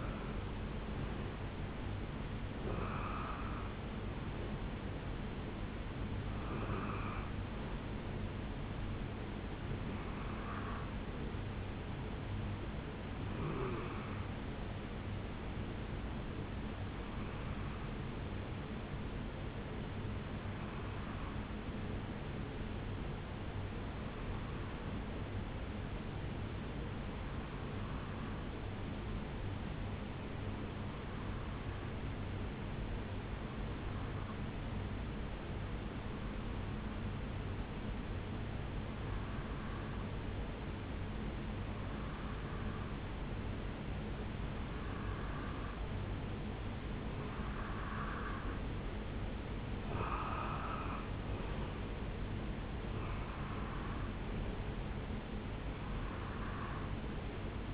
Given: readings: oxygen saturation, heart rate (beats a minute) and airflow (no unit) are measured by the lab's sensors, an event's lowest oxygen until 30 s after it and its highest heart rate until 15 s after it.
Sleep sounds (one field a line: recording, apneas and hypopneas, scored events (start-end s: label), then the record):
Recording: breathing in sleep by a voice recorder at the bedside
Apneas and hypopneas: 1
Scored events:
2.00-57.74 s: new sleep stage, N1 (lightest sleep)
23.00-46.60 s: hypopnea (N1, oxygen 97% highest, then 90% lowest, heart rate 66 at the start, 76 highest)
From the record:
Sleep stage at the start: REM sleep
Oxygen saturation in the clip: 86 to 97%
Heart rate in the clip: 62 to 76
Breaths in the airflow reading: 19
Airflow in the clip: -7.7 to 7.9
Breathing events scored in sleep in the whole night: 449 in 7.0 hours asleep